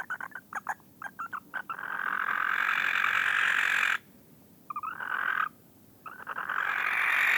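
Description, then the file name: Barn owl screeching: a quick run of short rasping notes, then long hoarse hissing screams separated by brief pauses. "gyongybagoly hangja"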